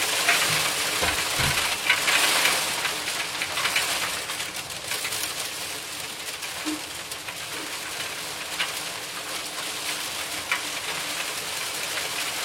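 Hail falls steadily in a dense, hissing patter full of sharp clicks and ticks from countless small impacts. It is heaviest over the first five seconds, then eases slightly and stays even. A couple of low thumps come early, and a faint bird coo sounds near seven seconds.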